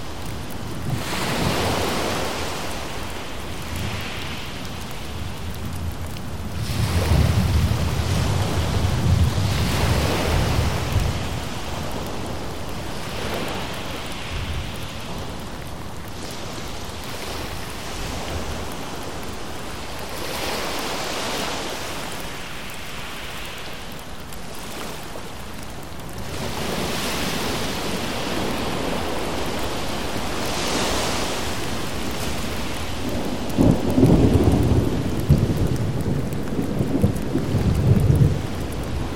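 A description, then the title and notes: Rain falls steadily over a thunderstorm, with deep rumbles rolling in around 7 to 11 seconds and again near 34 seconds. Washes of sound swell and fade every few seconds, like waves breaking, over a constant hiss of dense rainfall. Thunderstorm Rain Sounds With Ocean Waves.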